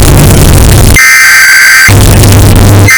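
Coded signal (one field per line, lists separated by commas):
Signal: Emergency Alert System (SAME) tones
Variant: header bursts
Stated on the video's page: Bass-boosted, distorted emergency alert sound effect looped for one hour.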